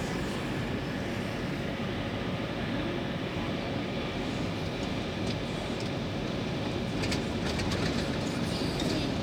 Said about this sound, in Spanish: estoy en el subte y me pregunto, ¿dónde está Santiago Maldonado?